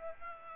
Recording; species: mosquito wingbeat signal from an infrared sensor; Aedes aegypti